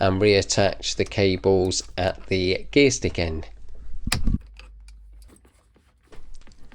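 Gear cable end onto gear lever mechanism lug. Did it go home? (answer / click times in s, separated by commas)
no / none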